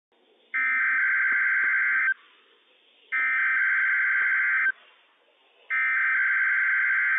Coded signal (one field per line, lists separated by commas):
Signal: Emergency Alert System (SAME) tones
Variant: header bursts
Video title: NWS PDT RWT - WWF56 - EAS #75 - 10:36 AM PDT 4/7/21